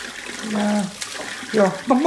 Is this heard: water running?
yes